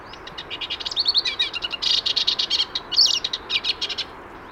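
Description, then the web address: Sykes's warbler song: a rapid, scratchy chattering of short high notes, run together in fast bursts and repeated throughout, over a faint hiss of background noise. Recorded at Liwa, Oman, on 4 March 2006. "hippolais Hipram 20060304 Liwa. hippolais rama oman"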